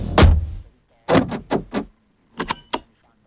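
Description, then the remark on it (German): A car door is pulled shut with one heavy, low thud, followed by a few quieter rattling clatters and then three sharp metallic clicks as a seatbelt is fastened, in a car with light leather seats. No one speaks. “Ich ziehe die Tür zu.”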